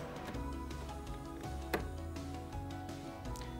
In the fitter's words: two clicks ensures that the valve and the tube fitting are completely waterproof